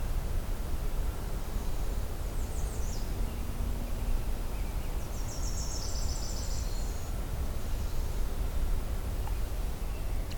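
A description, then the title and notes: A morning bird chorus plays over a steady, dense rush of low noise. High, bright song phrases stand out near two to three seconds and again around five to seven seconds, with fainter calls scattered through the rest. It’s the next morning at the old hunt camp and I’m doing a short walk to see if I can find any new species this time around. It’s overcast, so the morning chorus is less enthusiastic as usual, but there are still quite a few songs to be heard.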